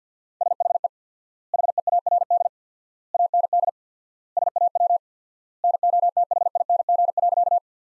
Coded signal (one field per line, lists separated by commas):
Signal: Morse code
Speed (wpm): 50 wpm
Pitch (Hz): 700 Hz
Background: none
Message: SHE HEARD AND SAW NOTHING.